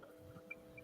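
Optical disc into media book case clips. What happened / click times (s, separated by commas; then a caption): The disc snapped into its plastic clips / 0.5 s. A Blu-ray disc is pressed in behind the two plastic clips at the bottom of a media book case, with enough pressure that it seems the disc might crunch. A steady low hum runs underneath, and a sharp click at 0.5 s marks the disc snapping into the clips and fastening in place. Smaller ticks come just before and after.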